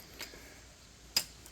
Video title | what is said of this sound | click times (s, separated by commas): EFI Four-Wheeler Fuel Pump installation | That's clicked into place. | 1.2 s